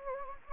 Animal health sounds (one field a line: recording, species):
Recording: mosquito wingbeat signal from an infrared sensor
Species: Anopheles gambiae